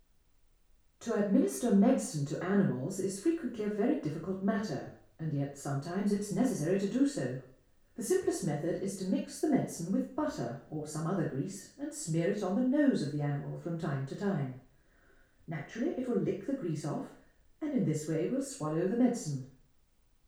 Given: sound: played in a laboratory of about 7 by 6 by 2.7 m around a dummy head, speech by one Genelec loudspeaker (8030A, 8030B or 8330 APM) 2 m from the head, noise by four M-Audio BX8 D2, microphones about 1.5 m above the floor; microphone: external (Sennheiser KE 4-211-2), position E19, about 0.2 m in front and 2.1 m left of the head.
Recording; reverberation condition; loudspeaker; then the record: female speech in English; medium; 120 degrees to the left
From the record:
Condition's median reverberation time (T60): about 510 ms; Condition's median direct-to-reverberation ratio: about -0.5 dB